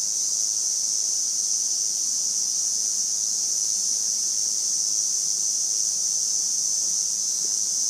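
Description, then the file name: Cicada singing a steady, unbroken high-pitched buzz that stays even in loudness from start to finish. "Lyristes bihamatus"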